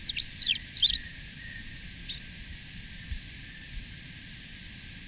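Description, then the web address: Paramo Pipit song: one brief phrase of high, looping buzzy whistles at the start, followed by a few faint, isolated high notes over soft background hiss. Recorded in Ecuador. "Natures Songs S America Birds of Ecuador. Paramo Pipit"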